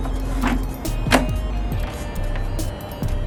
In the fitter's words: simply take it, put the unit back in, and you're gonna listen for a snap.